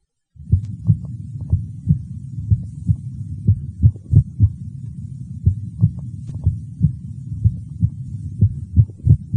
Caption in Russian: При аускультации сердца прежде всего следует оценить ритм и частоту сердечных сокращений. Обычно это производится при аускультации в первой точке. При экстрасистолии на фоне правильного ритма слышны одиночные преждевременные сокращения сердца, после которых следует компенсаторная пауза. В момент экстрасистолы можно определить усиление первого тона по сравнению с предшествующими циклами.